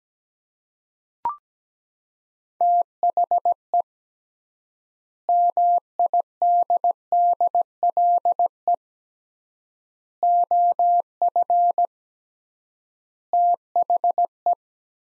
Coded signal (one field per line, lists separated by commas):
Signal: Morse code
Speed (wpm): 17 wpm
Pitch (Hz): 700 Hz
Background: none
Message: THE MIDDLE OF THE